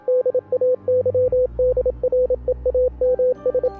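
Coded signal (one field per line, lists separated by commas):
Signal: Morse code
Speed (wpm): 27 wpm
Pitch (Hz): 500 Hz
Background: radio noise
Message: DAYDREAMS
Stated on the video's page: Morse code heard in a no-budget analog horror film series.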